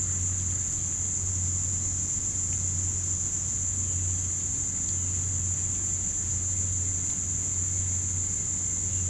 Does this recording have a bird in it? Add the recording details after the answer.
no. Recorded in pastures near Puerto Asís, Putumayo, Colombia, on 15 December 2024 at 07:00. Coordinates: 0.505, -76.324. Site G063